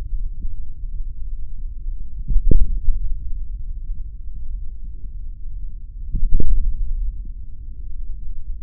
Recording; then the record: forearm muscle sounds (acoustic myography)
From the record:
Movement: hand opening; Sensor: system 3, bracelet of six PUI Audio POM-2738L microphones around the upper forearm, with dedicated amplification and filtering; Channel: 4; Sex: male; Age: 26 years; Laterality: right